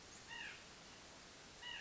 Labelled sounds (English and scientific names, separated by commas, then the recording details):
White-breasted Nuthatch (Sitta carolinensis)
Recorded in Sonoma County, California